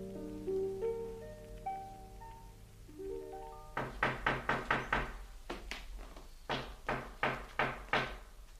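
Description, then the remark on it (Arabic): A short musical phrase of sustained tones gives way to firm, repeated knocking on a door that no one opens, sharp raps in quick bursts of four or five with brief pauses between, and no talking. “لماذا لم تفتح صبوح الباب؟ سأفتح بالمفتاح لعلها أغفت ترتاح.”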